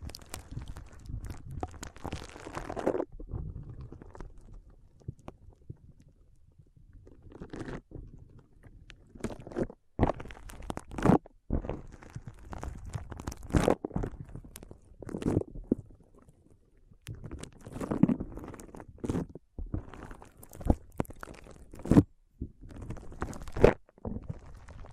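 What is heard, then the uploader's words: A foam brain massage of soft squeezing and rubbing, with dense crunching and crackling bursts that come in clusters. Short sharp snaps break in every second or two, and a quieter lull falls around five to eight seconds before the activity picks up again. ASMR Powerful Foam Brain Massage.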